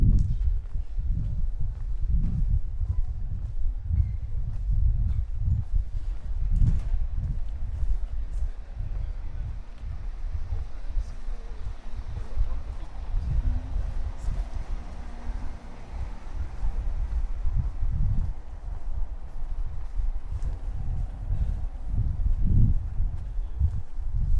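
A walk through Prague from the Castle toward Charles Bridge, with a steady low rumble and frequent thumping bursts throughout, like footsteps and passing movement. Faint voices and scattered clicks sit in the background, and a thin high tone appears briefly near the end.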